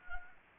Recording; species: mosquito wingbeat signal from an infrared sensor; Anopheles gambiae